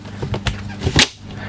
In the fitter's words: and slide it up until you hear it catch